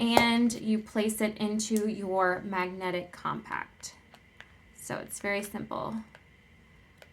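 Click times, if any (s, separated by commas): 7.0 s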